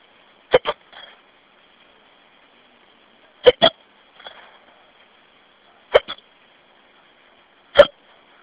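An adult's hiccups over a phone message: four abrupt, sharp hiccups every two to three seconds, the first three doubled and the last single, with faint breaths between.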